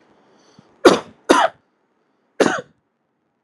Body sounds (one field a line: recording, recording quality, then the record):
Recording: heavy voluntary cough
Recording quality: excellent, no background noise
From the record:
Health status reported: healthy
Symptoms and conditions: hypertension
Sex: male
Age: 52 years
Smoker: not ticked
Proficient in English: yes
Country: India